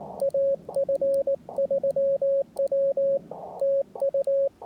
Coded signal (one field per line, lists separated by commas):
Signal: Morse code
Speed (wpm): 18 wpm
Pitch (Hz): 550 Hz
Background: radio noise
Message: AF3W TU